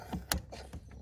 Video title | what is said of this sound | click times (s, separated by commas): How to ReCharge A/C Chrysler Town and Country - Grand Caravan 08 09 10 11 12 13 14 15 16 2008-2016 | and it's gonna click when it gets pushed on there so if you hear it you'll hear it click | 0.3 s